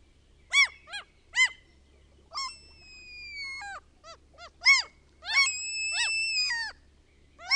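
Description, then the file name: Common gull calling: short arched yelping notes alternating with long, level, drawn-out mewing cries, loud against a quiet low hum. The recordist's own bird recording. "KALALOKKI"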